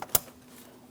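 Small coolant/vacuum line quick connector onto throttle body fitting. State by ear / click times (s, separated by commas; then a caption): seated / 0.1 s. A small coolant/vacuum quick-connect line, the smaller-diameter of two, is lined up and pressed onto its fitting at the rear corner of the throttle body on a 2015-2025 Ford Transit 250. A faint tick comes first, then a sharp, bright click at 0.2 s as the line clicks on and is secured.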